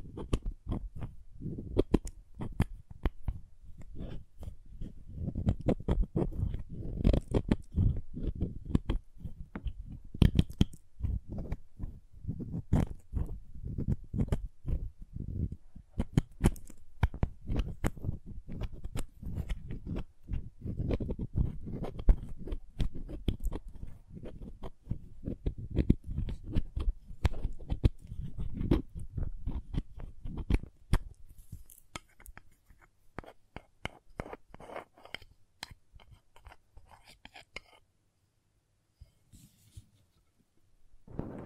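Crayons tapping and scraping in quick, uneven bursts of short clicks and scratches with a dull, low thump under many of them. The activity is dense through the first half, thins out after about 30 seconds, and nearly stops before a few final taps.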